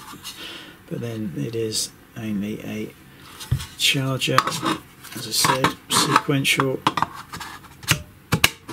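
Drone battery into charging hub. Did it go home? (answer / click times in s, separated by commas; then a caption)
yes / 8.4 s. A plastic drone battery is pushed into a slot of a sequential charging hub while someone talks, with rubbing and handling sounds. The battery snaps home with a sharp click at 8.4 s, seated and fitting well.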